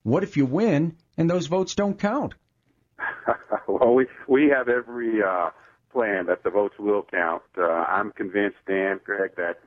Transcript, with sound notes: What if you win and those votes don’t count?
[laughs] We have every plan that the votes will count. I’m convinced, Dan Craig, that